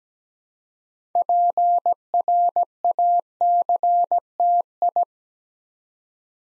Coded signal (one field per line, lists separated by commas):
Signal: Morse code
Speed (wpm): 17 wpm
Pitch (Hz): 700 Hz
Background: none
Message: PRACTI